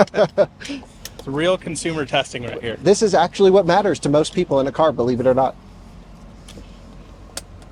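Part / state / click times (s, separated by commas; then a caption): child car seat ISOFIX connector onto vehicle seat anchor / seated / 7.4 s. Someone talks for the first five and a half seconds, followed by a quiet pause. A child car seat's ISOFIX connector is then pushed onto the vehicle seat's anchor point and seats with a sharp click at 7.4 s, with a fainter tick at 7.6 s.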